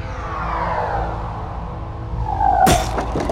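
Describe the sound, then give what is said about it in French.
A descending rushing whistle sweeps down, then a loud crash as meteorite stones smash and shatter, followed by a few quick smaller impacts and crumbling debris. No voices. “Big bang de météorites !”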